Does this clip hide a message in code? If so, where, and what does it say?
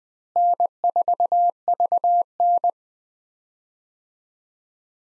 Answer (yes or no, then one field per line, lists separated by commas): yes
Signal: Morse code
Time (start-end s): 0.4-2.7 s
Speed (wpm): 20 wpm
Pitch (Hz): 700 Hz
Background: none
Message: N4VN